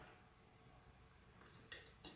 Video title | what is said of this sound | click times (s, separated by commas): 26-500BL K1600 Bagger Engine Guard Bars and Highway Peg Installation | we're going to plug the wire back into the bottom make sure it clicks into position and then | 1.7 s, 2.1 s